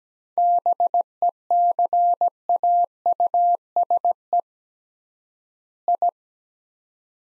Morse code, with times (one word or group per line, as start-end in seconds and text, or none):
0.4-4.4 BECAUSE
5.9-6.1 I